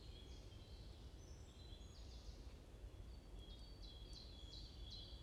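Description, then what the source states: Mixed high bird chirps and short whistles, ending with a rhythmic run of quick falling notes, against a persistent low rumble. Morning chorus in a forest at Bosvoorde, Watermaal-Bosvoorde, Brussels, Belgium; peaceful setting; recorded with an AMBE VR microphone.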